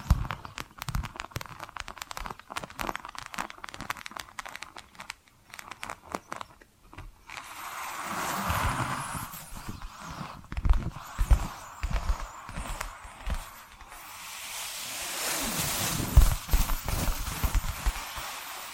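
Dense, irregular tapping and scratching crackles throughout, quick clicks early on, then after about seven seconds louder rasping scratches and rustles in uneven bursts.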